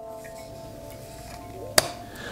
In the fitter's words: we are so it kind of just snaps right in which is nice